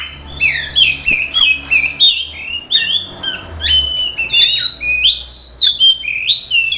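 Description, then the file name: Oriental magpie-robin song of quick whistled notes and rising and falling slurs in short pulsing bursts, bright and continuous. Simulated songbird contest. "audio simulasi lomba untuk kacer omkicau"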